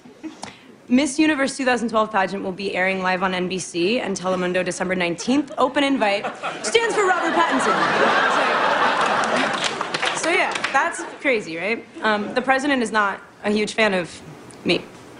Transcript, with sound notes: Miss Universe 2012 pageant will be airing live on NBC and Telemundo December 19. Open invite stands for Robert Pattinson.
(LAUGHTER)
So yeah, that's crazy. Right? The president is not a huge fan of me.